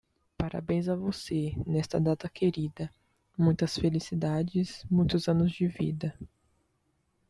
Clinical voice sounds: short text; Brazilian Portuguese; female; 20 to 29 years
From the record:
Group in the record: control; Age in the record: 22 years

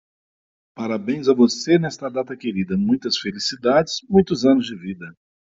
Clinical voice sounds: short text; Brazilian Portuguese; male; 50 to 59 years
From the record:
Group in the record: control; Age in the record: 54 years

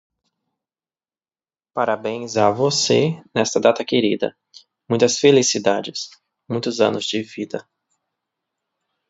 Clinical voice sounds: short text; Brazilian Portuguese; male; 30 to 39 years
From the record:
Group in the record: control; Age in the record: 33 years

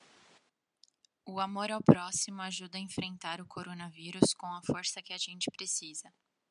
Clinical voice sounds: spoken sentence; Brazilian Portuguese; female; 20 to 29 years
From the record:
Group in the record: control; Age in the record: 25 years

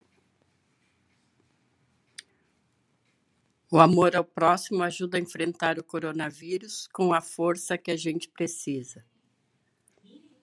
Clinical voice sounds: spoken sentence; Brazilian Portuguese; female; 60 to 69 years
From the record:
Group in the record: control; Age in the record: 66 years

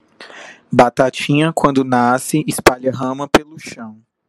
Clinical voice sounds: short text; Brazilian Portuguese; male; 20 to 29 years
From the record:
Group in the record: control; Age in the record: 27 years

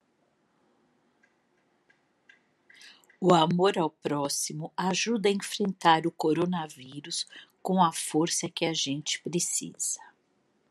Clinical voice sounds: spoken sentence; Brazilian Portuguese; female; 50 to 59 years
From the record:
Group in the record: control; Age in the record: 54 years

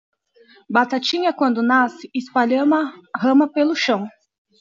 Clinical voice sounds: short text; Brazilian Portuguese; female; 30 to 39 years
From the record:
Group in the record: control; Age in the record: 37 years

